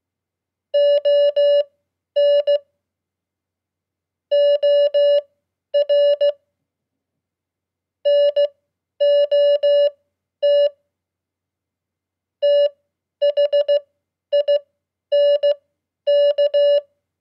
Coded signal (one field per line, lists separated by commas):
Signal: Morse code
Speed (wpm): 16 wpm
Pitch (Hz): 580 Hz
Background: none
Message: ON OR NOT THINK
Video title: 100 Common QSO words @15wpm -- Beginning Morse Code